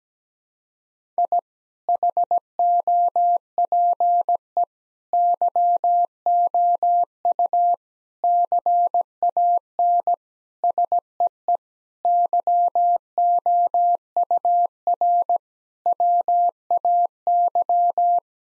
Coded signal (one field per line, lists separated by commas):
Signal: Morse code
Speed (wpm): 17 wpm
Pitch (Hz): 700 Hz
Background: none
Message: I HOPE YOU CAN SEE YOUR WAY